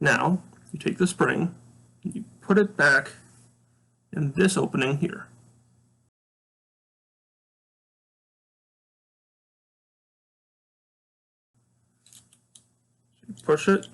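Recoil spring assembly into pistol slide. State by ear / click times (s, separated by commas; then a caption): not seated / none. Someone talks while a recoil spring assembly is lined up in the opening of a Glock pistol slide, followed by a long silence. A few faint, light handling taps come around 12.1 to 12.6 seconds before the talking resumes. Nothing has seated or clicked yet.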